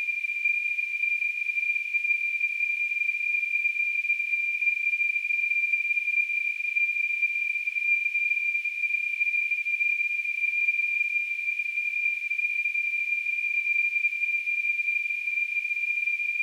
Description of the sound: Tinnitus.